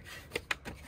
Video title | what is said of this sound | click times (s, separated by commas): Removable Mirror Extensions Are Damaging Our Truck Paint | it locks in place pretty well | 0.5 s